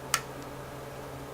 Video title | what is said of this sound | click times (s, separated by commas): From Both Sides May 2016 | these are going to snap right in. | 0.1 s